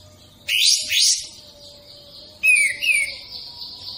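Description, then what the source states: Bird calls: two loud, buzzy sweeping phrases about two seconds apart, the second trailing into a thin sustained tone. Melodious bird sound, used as a ringtone.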